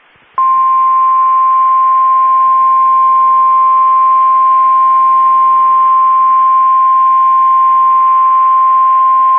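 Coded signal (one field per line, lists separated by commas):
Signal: Emergency Alert System (SAME) tones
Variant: 1050 Hz attention tone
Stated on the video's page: Severe Thunderstorm Warnings received from NOAA Weather Radio station in Amarillo, Texas.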